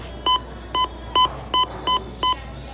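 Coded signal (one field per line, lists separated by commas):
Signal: none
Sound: bowling control panel beep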